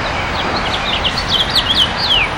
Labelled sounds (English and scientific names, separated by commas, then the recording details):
House Finch (Haemorhous mexicanus) song
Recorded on Long Island, New York, on 22 June 2012
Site AU
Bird A